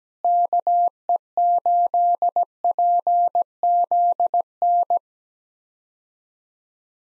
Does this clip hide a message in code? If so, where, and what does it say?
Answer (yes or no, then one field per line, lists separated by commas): yes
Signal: Morse code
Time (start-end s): 0.2-5.0 s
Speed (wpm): 17 wpm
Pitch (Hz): 700 Hz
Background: none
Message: KE8PZN